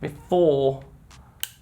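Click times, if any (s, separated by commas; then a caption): 1.4 s. Someone talks briefly, then the axis lock on the arm of a Zhiyun Weebill 2 gimbal is engaged, with a faint soft sound just before a single sharp click at 1.4 s. The axis lock clicks into its locked position.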